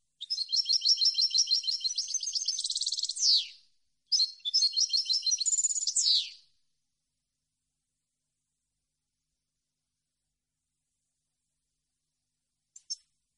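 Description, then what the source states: European goldfinch song, two quick tinkling phrases with buzzy trills and falling endings, then a long silence broken by two brief chips. Clean goldfinch song on CD, for birds to copy as song training.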